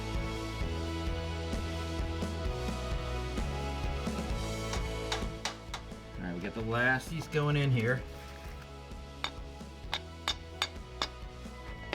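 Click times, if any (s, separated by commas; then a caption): 9.2 s, 9.9 s, 10.3 s, 10.6 s, 11.0 s. During a warehouse renovation, the last few unnamed pieces are pushed into place over background music while someone talks. A quick series of sharp snaps follows at 9.2, 9.9, 10.3, 10.6 and 11.0 seconds as the pieces seat into place.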